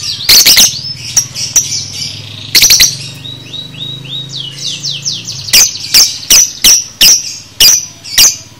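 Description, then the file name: Lovebird chatter: clusters of shrill squeaks, a stretch of soft whistled notes over a low hum, then sharp chirps repeated steadily. Lovebird paud masteran recording, for training cage birds. "masteran lovebird paud"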